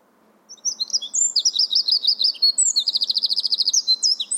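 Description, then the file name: Eurasian wren singing a fast, high-pitched burst of varied chirps and warbled notes, followed by a rapid trill and closing sharp notes. "Troglodytes troglodytes"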